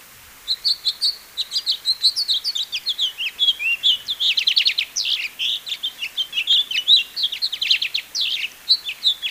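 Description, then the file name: House finch song: a continuous, lively warble of chattering notes and rapid trills, starting after a half-second of quiet and running to the end. "House Finch Haemorhous mexicanus Marvin"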